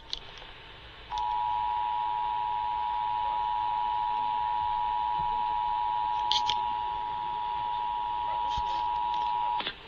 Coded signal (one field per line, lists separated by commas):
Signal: Emergency Alert System (SAME) tones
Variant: 853 and 960 Hz attention tone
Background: speech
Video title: IMAGINE MISSOULA... EAS Tests from September 2024 (EAS #5,014 - 5,053)